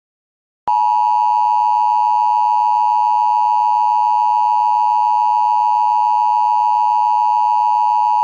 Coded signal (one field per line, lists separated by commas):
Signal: Emergency Alert System (SAME) tones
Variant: 853 and 960 Hz attention tone